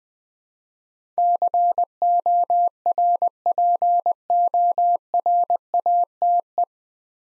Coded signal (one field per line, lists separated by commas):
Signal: Morse code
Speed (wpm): 20 wpm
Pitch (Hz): 700 Hz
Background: none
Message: CORPORATE